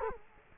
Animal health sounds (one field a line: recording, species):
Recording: mosquito wingbeat signal from an infrared sensor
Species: Culex quinquefasciatus